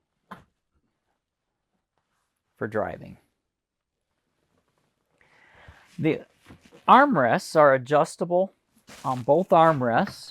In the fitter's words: You can just rotate the seat around and you'll hear it lock back into the center position